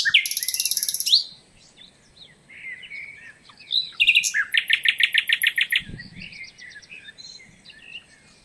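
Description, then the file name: Common nightingale singing: a loud harsh rattling burst, a pause, then varied chirps leading into a rapid repeated chattering series of bright notes. "Luscinia megarhynchos"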